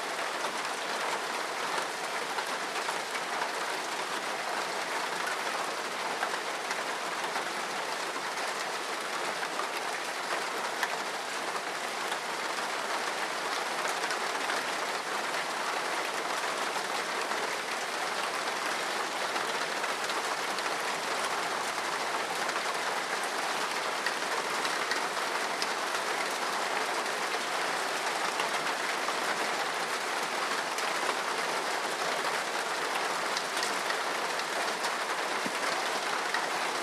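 Rain drums steadily and densely on a tin roof, a bright, even hiss with fine patter and little low rumble throughout.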